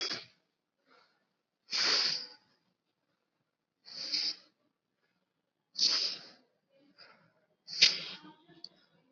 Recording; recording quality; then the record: shallow breathing; excellent, no background noise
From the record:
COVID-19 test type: RT-PCR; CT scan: not taken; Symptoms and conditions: cough, sore throat, fever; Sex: male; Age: 20 years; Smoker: no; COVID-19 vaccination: both doses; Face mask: worn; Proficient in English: yes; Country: India